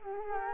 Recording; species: mosquito wingbeat signal from an infrared sensor; Culex quinquefasciatus